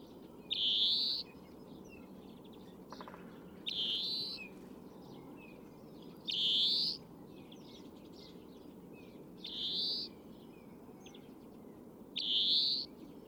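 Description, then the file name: European greenfinch giving five drawn-out, buzzy, rising wheezes at fairly even intervals, over steady background noise. "Chloris chloris"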